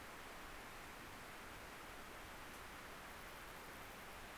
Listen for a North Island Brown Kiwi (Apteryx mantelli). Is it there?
no